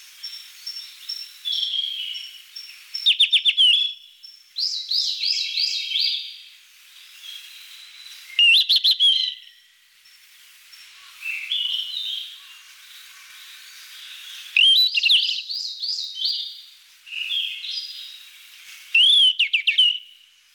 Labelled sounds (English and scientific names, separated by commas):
Yellow-rumped Flycatcher (Ficedula zanthopygia) song